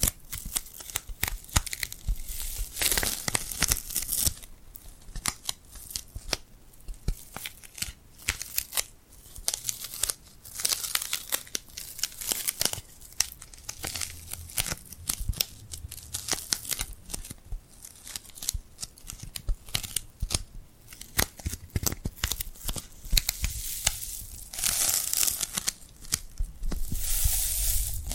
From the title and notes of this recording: ASMR Tingly Glued Hand Sounds for Sleep (No Talking).